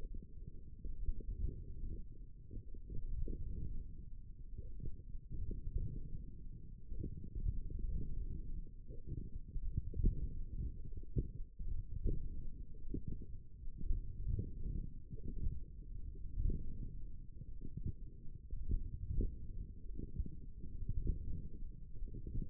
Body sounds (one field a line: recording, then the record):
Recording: forearm muscle sounds (acoustic myography)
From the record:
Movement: forearm supination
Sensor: system 1, eight BSWA MPA416 microphones around the upper forearm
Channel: 1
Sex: male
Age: 18 years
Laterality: right